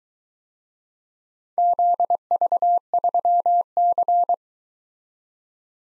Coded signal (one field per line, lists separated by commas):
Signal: Morse code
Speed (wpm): 22 wpm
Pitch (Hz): 700 Hz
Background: none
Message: ZV3C